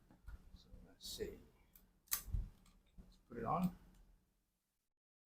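A rugged Gorilla King Kong protective case is pressed onto a black, second-hand Samsung Galaxy Z Fold 3 SM-F926B/DS foldable smartphone while someone talks. Soft handling rustles and brief knocks are heard, with a sharp tap near 2.1 s. The clip ends before the case goes home, so nothing has seated or clicked yet.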